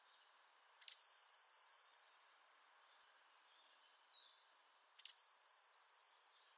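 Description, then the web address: Bird calling twice, about four seconds apart; each phrase opens with a high, slightly falling whistle and a click, then a quick pulsing trill that fades away. "cianscape birddata Deverinetal 2025 File origin Bird Only Cy Ca"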